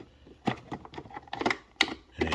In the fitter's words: it should snap right into place, just like that.